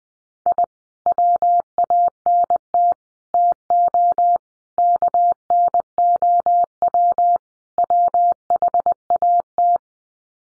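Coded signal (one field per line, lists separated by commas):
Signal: Morse code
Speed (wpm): 20 wpm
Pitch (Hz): 700 Hz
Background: none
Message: I WANT TO KNOW WHAT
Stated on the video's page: Morse practice at 20 wpm: sets of five common English words sent for head-copy, each sent, then spoken, then sent again.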